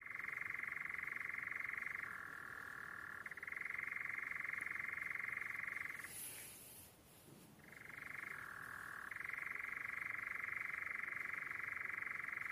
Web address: canto de noitibo europeu